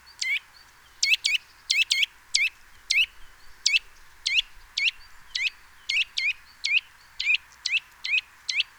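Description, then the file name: Eurasian nuthatch calling with loud, sharp notes repeated roughly twice a second, some given as close pairs, in a steady run throughout. "Sitta europaea"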